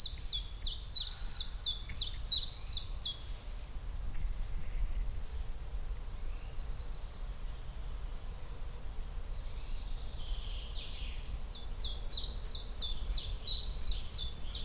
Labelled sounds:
Common Chiffchaff

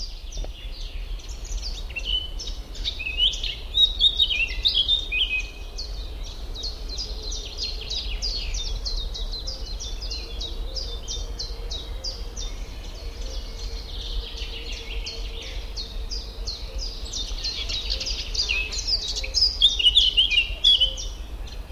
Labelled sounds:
Eurasian Blackcap song

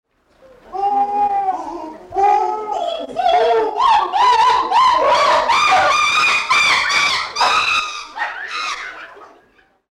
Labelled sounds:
Chimpanzee

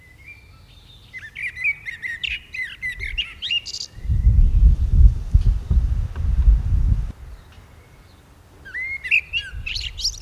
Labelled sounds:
Common Blackbird song

